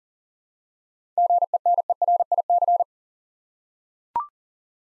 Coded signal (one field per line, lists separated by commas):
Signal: Morse code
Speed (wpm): 38 wpm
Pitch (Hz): 700 Hz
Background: none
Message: GENERIC